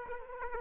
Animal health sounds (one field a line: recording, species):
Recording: mosquito wingbeat signal from an infrared sensor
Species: Aedes aegypti